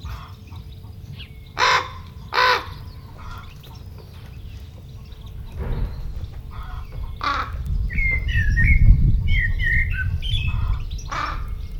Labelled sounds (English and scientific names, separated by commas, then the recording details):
Common Raven (Corvus corax) call
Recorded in captivity
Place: Serrahn, Mecklenburg-Vorpommern, DE
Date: 1969-05-10
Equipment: Nagra III BH, Sennheiser MD 421
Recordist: Schubert, Michael